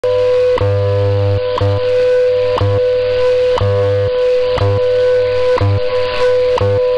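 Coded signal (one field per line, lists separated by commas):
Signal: radio time signal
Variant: WWV/WWVH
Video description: WWV + WWVH 10MHz, -65dBFS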